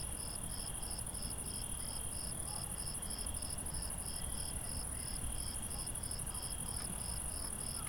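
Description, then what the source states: Crickets calling: a continuous shrill trill with evenly spaced pulsed chirps, roughly two or three each second, over a constant low rumble. Recorded at night.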